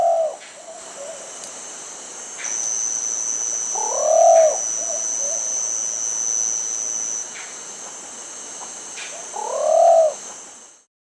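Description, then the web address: Plumbeous pigeon calling with single low, rounded coo notes spaced several seconds apart, over a steady high-pitched drone. South America. "Natures Songs S America Plumbeous Pigeon"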